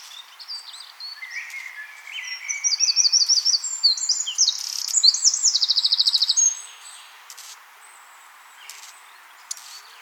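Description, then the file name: Eurasian wren song: a loud, high outburst of rapid trills and sharp notes lasting about five seconds, ending in a fast rattling trill, then quiet background. "Troglodytes troglodytes"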